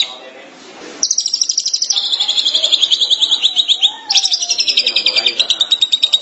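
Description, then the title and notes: Long-tailed Shrike song: after a quiet second, fast, high, rattling chatter that runs in bursts and changes pitch partway through. Faint lower sounds lie underneath. Called pentet in Indonesian; recording labelled 201703. "Suara burung pentet"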